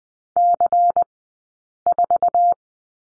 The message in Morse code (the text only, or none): C4